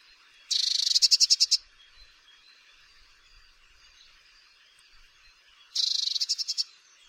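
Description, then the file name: Eurasian blue tit giving two high, buzzy chattering bursts of rapid notes, about five seconds apart. "Cyanistes caeruleus"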